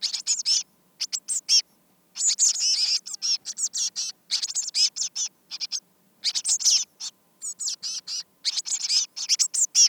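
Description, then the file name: Eurasian blue tit calling in dense high-pitched bursts, buzzy scratchy notes packed into rapid runs with brief pauses throughout, no other clear sounds. "Cyanistes caeruleus"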